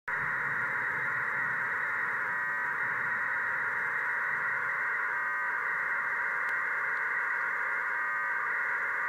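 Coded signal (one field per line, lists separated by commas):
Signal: radiosonde or satellite telemetry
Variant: 1200 baud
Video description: Receiving the signal from the hadie flight computer, 10km away. This test was to see if it was possible to fly a balloon transmitting at the much faster speed of 1200 baud.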